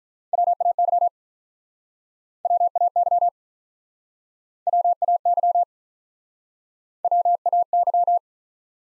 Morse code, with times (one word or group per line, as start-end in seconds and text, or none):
0.3-1.1 WAY
2.5-3.3 WAY
4.7-5.6 WAY
7.0-8.2 WAY